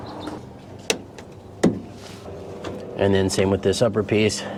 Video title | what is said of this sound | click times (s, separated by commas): 2015 - 2019 FORD TRANSIT - HOW TO REPLACE INSIDE / INTERIOR SLIDING DOOR INSIDE HANDLE - EASY DIY! | They just snap in place, pretty simple. | 0.9 s, 1.6 s